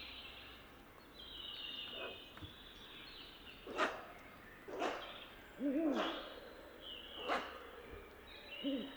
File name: Ural Owl Food Exchange With Compound Hooting Of Male Soliciting Calls Of Female